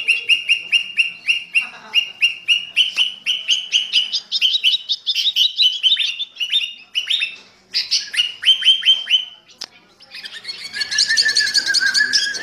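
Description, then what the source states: Sooty-headed bulbul singing a long, lively sequence of bright chirps and short warbled notes, ending in a scratchy chatter. Master training song of a sooty-headed bulbul in a fierce style, called the 'thunder voice' style.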